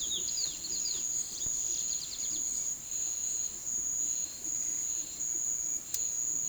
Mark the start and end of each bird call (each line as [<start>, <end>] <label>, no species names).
[0.00, 2.46] bird call